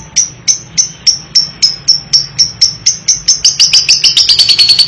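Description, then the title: Lovebird chirps, sharp high notes repeated about three times a second, speeding up into a rapid, tighter run toward the end over a low steady hum. Training audio for juvenile and young lovebirds. "MASTERAN KHUSUS UNTUK LOVEBIRD PAUD DAN MUDA"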